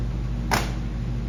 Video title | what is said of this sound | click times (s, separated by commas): 1964 Chevrolet Impala SS for sale at Volo Auto Museum (V18875) | hear that click I barely gave it any effort and that's what the windows up | 0.5 s